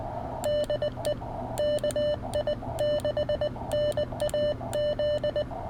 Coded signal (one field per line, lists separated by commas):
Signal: Morse code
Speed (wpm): 19 wpm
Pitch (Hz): 600 Hz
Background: none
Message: DE KI6NAZ